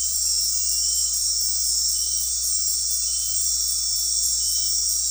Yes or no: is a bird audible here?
no